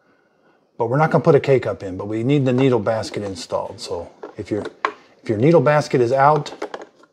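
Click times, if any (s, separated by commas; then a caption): none. A plastic K-cup pod holder (needle basket) is handled at the single-serve brew chamber of a Cuisinart SS-12 Coffee Center Brew Basics coffee maker during setup before first use, while someone talks. Two short sharp sounds come near the end at about 6.8 s and 7.0 s, and nothing has seated or clicked into place yet.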